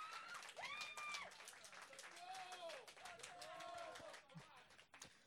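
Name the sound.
audience applause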